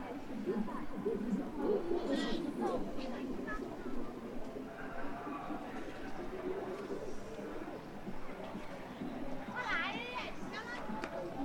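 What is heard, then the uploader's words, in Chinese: A busy pedestrian street at Chunxi Road in Chengdu, filled with a steady murmur of overlapping voices and chatter. The crowd noise stays dense and even throughout, with a few brighter, higher voices or calls rising briefly near the start and again around the tenth second. 成都春熙路。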